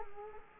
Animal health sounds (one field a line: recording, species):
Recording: mosquito wingbeat signal from an infrared sensor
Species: Culex quinquefasciatus